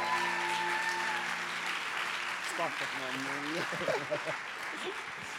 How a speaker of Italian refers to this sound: Facciamo ancora un applauso a lui.